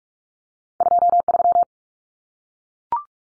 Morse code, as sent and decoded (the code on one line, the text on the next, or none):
..--- ...--
23